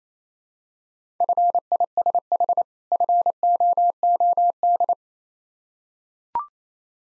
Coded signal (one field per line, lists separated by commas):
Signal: Morse code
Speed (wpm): 29 wpm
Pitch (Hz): 700 Hz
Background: none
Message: FISH FOOD